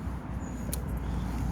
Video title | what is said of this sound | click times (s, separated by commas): Pt2, How to change the combination of a 3 wheel safe lock | should click round with quite a positive little click so | 0.7 s